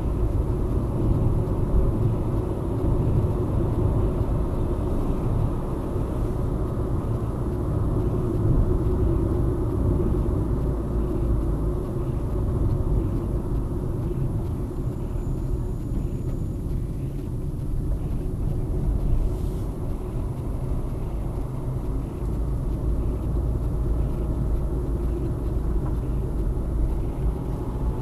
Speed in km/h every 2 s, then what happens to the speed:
56, 59, 66, 66, 67, 62, 51, 42, 37, 35, 46, 44, 43, 41.
0-4 speeds up to 66. 8-16 brakes to 37. 18-20 speeds up to 46. 20-28 steady at about 43.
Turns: none.